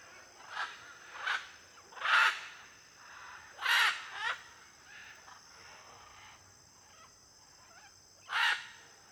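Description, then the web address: Blue-and-yellow macaw calls: loud raucous squawks, several in quick succession then a pause, over continuous high-pitched cricket buzz. Flock of macaws in an area with many palm trees, with cricket noise. "Conjunto de Araras em Area de Muitas Palmeiras e ruidos de grilo. etiqueta arara-caninde"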